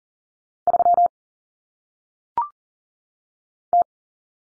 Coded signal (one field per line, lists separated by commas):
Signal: Morse code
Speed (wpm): 40 wpm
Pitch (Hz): 700 Hz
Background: none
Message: 3 T